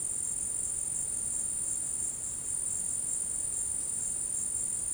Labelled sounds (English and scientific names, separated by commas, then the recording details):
none
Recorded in dense forest near Puerto Asís, Putumayo, Colombia, on 21 February 2024 at 15:30
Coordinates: 0.486, -76.316
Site G6437